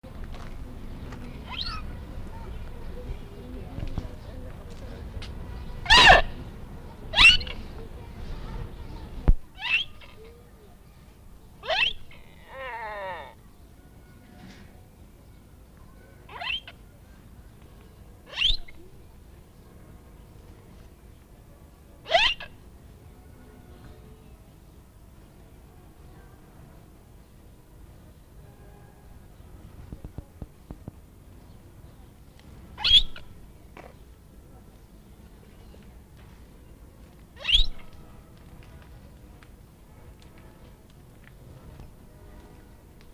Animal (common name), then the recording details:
Chital. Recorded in captivity. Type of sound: call. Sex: female. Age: adult. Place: Zoo Berlin, Berlin, DE. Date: 1959-06-06 14:30. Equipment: Reporter (Vollspur). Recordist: Tembrock, Günter. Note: Helle Rufe und Blöken, Laute beim Anblick des Wärters. Abstand: 1-3 m